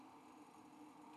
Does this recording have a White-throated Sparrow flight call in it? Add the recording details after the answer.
no. No flight call is heard. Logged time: 02:33 on 5 December 2014